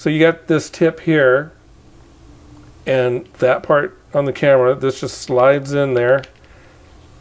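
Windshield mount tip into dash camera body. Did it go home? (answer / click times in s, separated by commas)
no / none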